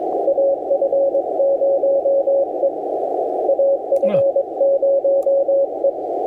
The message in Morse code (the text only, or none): AF0E AF0E